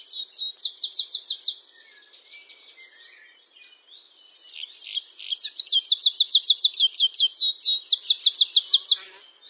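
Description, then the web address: Canary song: a loud run of fast repeated notes, a softer passage, then a long loud repeated trill. "honarfardi Canary Sound"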